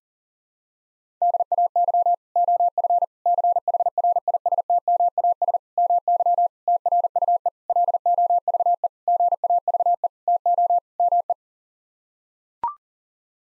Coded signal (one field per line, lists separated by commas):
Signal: Morse code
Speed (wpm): 37 wpm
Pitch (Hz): 700 Hz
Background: none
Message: DAY OF CHRISTMAS MY TRUE LOVE GAVE TO ME